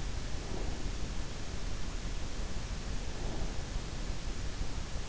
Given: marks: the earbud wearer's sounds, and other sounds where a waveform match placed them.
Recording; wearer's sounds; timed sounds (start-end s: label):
sounds in sleep by an in-ear microphone; breath
0.46-0.98 s: breath
3.05-3.53 s: breath